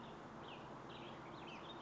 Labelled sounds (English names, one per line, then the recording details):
Cassin's Vireo
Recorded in Sonoma County, California